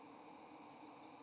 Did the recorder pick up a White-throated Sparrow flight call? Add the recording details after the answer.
no. No flight call is heard. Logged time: 11:30 on 7 November 2014